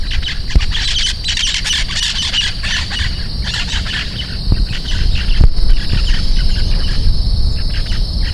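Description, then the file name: Bird calls, rasping and squawky, come in a dense run during the first half, then thin out beneath steady low rumbling noise. "SABIOD 50 bird 2015"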